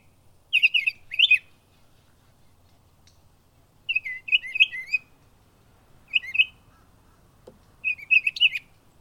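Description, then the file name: Northern mockingbird singing bursts of quick, scratchy high notes, each phrase repeated a few times before a pause; faint low background rumble. Backyard in Florida. "Florida Mockingbird In My Backyard"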